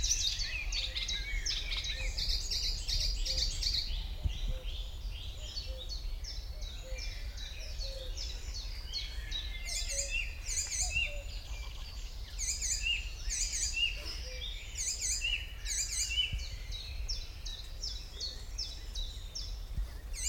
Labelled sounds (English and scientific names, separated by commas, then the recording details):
Icterine Warbler (Hippolais icterina)
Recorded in the wild
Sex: male
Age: adult
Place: Kremmen, Brandenburg, DE
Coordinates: 52.76, 13.03
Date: 1995-06-03 15:32
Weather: heiter, 18-20°C
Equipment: Marantz CP 430, Sennheiser ME 80, Kopie Uher 4000 Report Monitor
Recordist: Tembrock, Günter